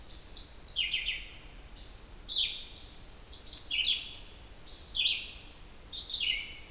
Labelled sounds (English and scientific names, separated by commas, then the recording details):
Red-eyed Vireo (Vireo olivaceus) song
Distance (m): 10 m
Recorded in boreal forest in Alberta, Canada, on 28 June 2016 at 07:40
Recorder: SongMeter 3, array SBT-6-79
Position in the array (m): 105 m, 212 m